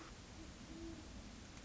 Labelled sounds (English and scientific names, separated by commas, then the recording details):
Great Horned Owl (Bubo virginianus)
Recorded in Sonoma County, California